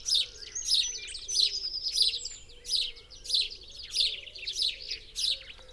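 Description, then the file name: House sparrow calls, bursts of harsh chirps repeated at a fairly even pace. "Passer domesticus"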